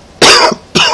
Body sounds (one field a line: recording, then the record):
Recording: coughing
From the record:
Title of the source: Coughing 60